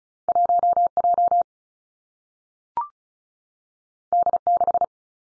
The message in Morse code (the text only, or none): 1 J D 6